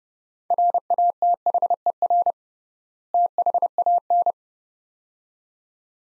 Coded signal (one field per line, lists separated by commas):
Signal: Morse code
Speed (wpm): 30 wpm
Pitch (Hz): 700 Hz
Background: none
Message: RATHER THAN